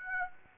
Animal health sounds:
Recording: mosquito wingbeat signal from an infrared sensor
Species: Aedes aegypti

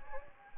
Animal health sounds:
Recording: mosquito wingbeat signal from an infrared sensor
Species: Anopheles gambiae

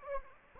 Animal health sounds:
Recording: mosquito wingbeat signal from an infrared sensor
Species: Anopheles gambiae

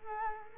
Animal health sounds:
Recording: mosquito wingbeat signal from an infrared sensor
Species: Culex quinquefasciatus

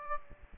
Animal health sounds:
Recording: mosquito wingbeat signal from an infrared sensor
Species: Aedes aegypti

